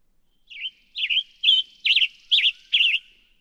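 Western tanager singing six throaty, slurred phrases in quick succession, each hoarse and wavering, evenly spaced across the song.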